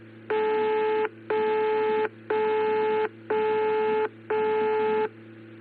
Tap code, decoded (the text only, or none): none